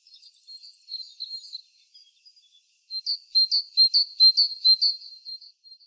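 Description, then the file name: Great tit calling with thin, high notes, first a soft wavering series, then a louder run of sharp repeated notes. "Parus major"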